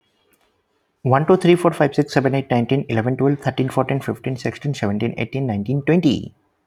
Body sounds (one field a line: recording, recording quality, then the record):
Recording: counting at a fast pace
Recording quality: excellent, no background noise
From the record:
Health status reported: healthy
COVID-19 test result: negative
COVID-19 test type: RT-PCR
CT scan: not taken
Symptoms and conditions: none ticked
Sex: male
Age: 30 years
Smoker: no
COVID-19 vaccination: one dose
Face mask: not worn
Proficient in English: yes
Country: India